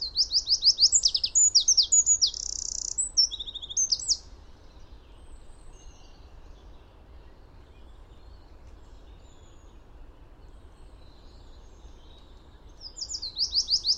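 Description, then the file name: Eurasian wren song, a rapid stream of high piercing notes and a buzzy trill for about four seconds, followed by a long quiet gap and a fresh burst at the end. "Troglodytes troglodytes"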